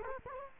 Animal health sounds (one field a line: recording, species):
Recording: mosquito wingbeat signal from an infrared sensor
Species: Culex quinquefasciatus